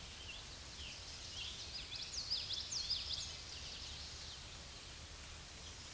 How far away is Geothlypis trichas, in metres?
about 15 m